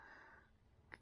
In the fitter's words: and let it click into place piece of cake